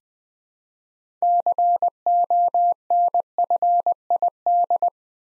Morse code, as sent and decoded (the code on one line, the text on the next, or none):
-.-. --- -. ..-. .. -..
CONFID